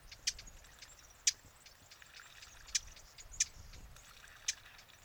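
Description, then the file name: Eurasian blackcap tacking calls: a few loud hard ticks spaced irregularly over a soft background hiss. "Sylvia atricapilla"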